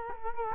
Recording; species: mosquito wingbeat signal from an infrared sensor; Culex quinquefasciatus